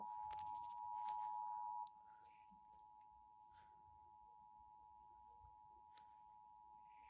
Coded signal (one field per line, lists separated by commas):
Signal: Emergency Alert System (SAME) tones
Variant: 853 and 960 Hz attention tone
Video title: Severe Thunderstorm Warning EAS#148